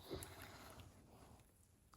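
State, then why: Not seated. A plastic cover on the cyclone assembly of a Dyson V10 stick vacuum is being handled and pushed into place during reassembly, with a brief tap near the start and soft rustling and scraping that fade toward the end. Nothing has seated or clicked yet; the clip ends just before the cover's clip goes home on one side.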